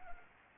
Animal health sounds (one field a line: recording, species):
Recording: mosquito wingbeat signal from an infrared sensor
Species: Anopheles arabiensis